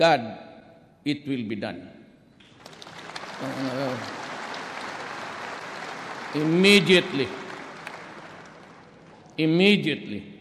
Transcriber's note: applause